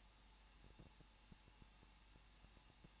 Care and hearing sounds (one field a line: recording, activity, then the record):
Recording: daily activity, microphone in the room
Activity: no activity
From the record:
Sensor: 1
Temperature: 20.1 degrees Celsius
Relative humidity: 39.1%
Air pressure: 1006.5 hPa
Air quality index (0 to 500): 216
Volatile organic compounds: 73 ppm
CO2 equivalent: 3545 ppm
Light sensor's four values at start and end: 1/2/1/1 and 1/2/1/1